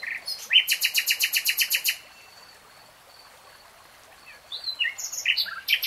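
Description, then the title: Nightingale song: a fast, even rattle of repeated harsh notes for about one and a half seconds, a quiet pause, then varied chirps and whistles. Nightingale singing, recorded in real time. "[Tiếng chim hót] 3 Hours REALTIME Nightingale Singing"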